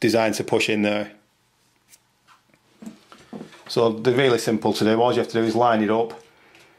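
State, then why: Not seated. A SATA data cable's plastic connector is lined up with a hard drive's SATA port while someone talks, with a few faint handling ticks around 2.5 and 3.1 seconds. Nothing has seated or clicked yet.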